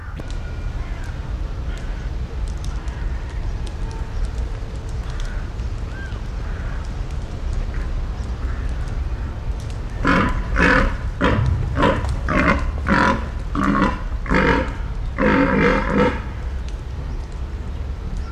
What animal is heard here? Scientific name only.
Elaphurus davidianus